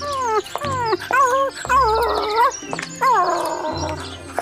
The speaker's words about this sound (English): you mustn't growl. Wag your tail like a good dog, and I'll wave at them and smile.